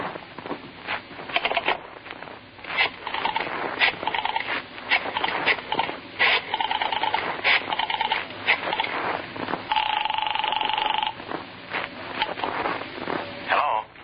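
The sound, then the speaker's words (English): A telephone is dialed in bursts of rapid mechanical clicks, broken by short pauses, with a steady humming tone sounding for a couple of seconds partway through. “Can I use your phone? Yeah, help yourself.”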